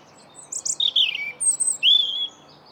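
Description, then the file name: European robin song phrase: high tinkling notes, a falling warble and a drawn-out thin whistle. "Erithacus rubecula"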